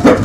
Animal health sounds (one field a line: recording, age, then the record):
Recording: pig call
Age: growing-finishing pig (85 days or more)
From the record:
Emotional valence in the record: positive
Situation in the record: run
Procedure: transit